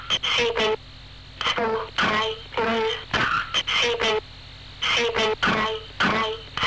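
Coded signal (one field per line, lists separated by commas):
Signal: numbers station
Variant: G02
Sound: a high voice speaking short separate words with pauses, over a low hum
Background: radio hum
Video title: G02 Swedish Rhapsody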